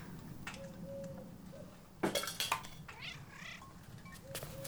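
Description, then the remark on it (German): A stray cat meows a few times in wavering, mid-pitched cries, with a brief burst of clattering noises partway through over a low, steady background hum. “Nur eine streunende Katze.”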